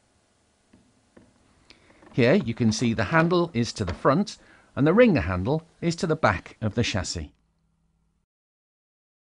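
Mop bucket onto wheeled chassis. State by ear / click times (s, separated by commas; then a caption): seated / 1.7 s. A plastic mop bucket is lifted onto four locating lugs on a wheeled chassis base and pressed down firmly until it clicks into place. Faint knocks at 0.7 and 1.2 seconds lead to a sharp click at 1.7 seconds, and then someone talks. The bucket is seated on the chassis.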